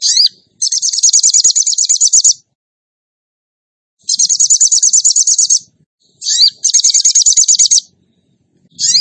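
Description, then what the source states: Bird song: repeated bursts of fast, shrill trilling, each about one and a half seconds, led by a quick slurred note and separated by pauses. Training track (masteran) of a songbird in the tembakan gacor song style.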